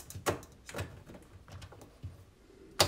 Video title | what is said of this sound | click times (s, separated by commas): So wechselt man die Türverriegelung bei einem Frontlader | die türverriegelung eingerastet nehmt ihr euch die notentriegelung in die hand und führt sie im | 2.8 s